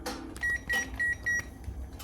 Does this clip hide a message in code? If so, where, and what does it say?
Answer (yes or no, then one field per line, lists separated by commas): no